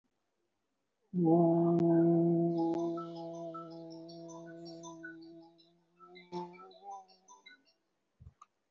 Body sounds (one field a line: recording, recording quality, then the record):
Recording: sustained vowel as in boot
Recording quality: moderate, slight background noise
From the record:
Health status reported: respiratory illness, not identified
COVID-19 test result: negative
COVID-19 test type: RT-PCR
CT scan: taken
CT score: 0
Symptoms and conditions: cough, cold, breathing difficulty, sore throat, chronic lung disease, another respiratory illness, hypertension, diabetes, ischaemic heart disease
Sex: male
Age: 67 years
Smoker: no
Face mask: worn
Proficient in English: no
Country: India